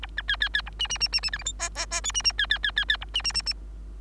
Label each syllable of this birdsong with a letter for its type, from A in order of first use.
A B C C C A D D D D D E F G H H H I D D C C C C C A D D D D